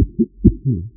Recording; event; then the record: neck accelerometer signal played as sound; voluntary cough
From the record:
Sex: male